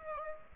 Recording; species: mosquito wingbeat signal from an infrared sensor; Aedes aegypti